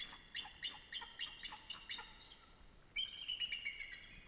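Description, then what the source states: Eagle giving a quick series of high, clipped chittering notes, then a louder run of thinner calls. Eagles calling above a river in frozen conditions; one described as really pumped up.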